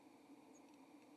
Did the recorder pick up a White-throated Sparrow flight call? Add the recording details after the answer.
no. Another species' flight call is heard. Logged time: 06:23 on 2 December 2014